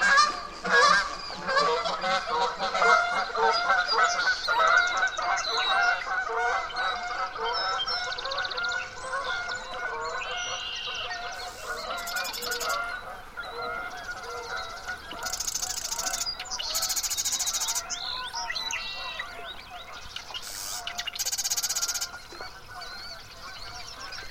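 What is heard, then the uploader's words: Birds call at a mountain lake in Washington's Methow Valley, a dense, overlapping chorus of honking, goose-like cries that starts loudest and eases slightly. Short bursts of bright, high buzzing cut in around the 11, 15 to 17 and 20 to 22 second marks. A great place to listen to insects — and birds — is a remote mountain lake in the spring. Gordon Hempton, an acoustic ecologist and sonic guide for the this series, recorded the sounds of this lake in Washington’s Methow Valley.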